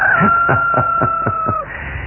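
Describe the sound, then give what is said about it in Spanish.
A rooster crows before dawn in one long, sustained call, a steady high tone running through a series of rhythmic pulsing beats before it breaks off, with no voices over it. “El canto del gallo anuncia el próximo amanecer.”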